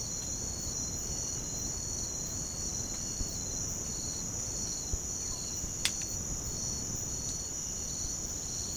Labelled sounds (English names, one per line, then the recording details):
none
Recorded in pastures near Puerto Asís, Putumayo, Colombia, on 13 March 2025 at 06:00
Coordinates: 0.505, -76.324
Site GP08